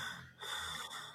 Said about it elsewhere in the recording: They were overweight. They had a history of respiratory issues. This is the third day. You can hear his breathing. He's having trouble breathing. This is after going up and down the stairs. Very labored breathing. He is on the prednisone, and he is on antibiotics.